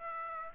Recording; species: mosquito wingbeat signal from an infrared sensor; Aedes aegypti